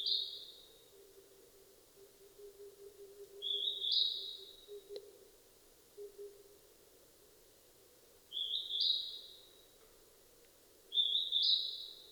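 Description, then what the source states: Northern hawk-cuckoo giving several shrill, high two-part whistles with trailing tails at uneven gaps, with a soft low droning sound and a brief click in the background. 15 May 2007 at 18:36.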